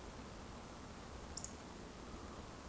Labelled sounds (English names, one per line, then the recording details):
Eurasian Woodcock whistle
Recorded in Baden-Württemberg, Germany, on 25 June 2020 at 20:34 UTC
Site 14569, 102 m above sea level